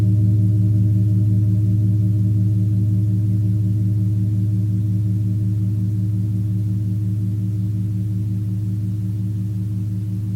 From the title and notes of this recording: Tibetan Singiing Bowl のサウンドヒーリングチャンネル LIVE.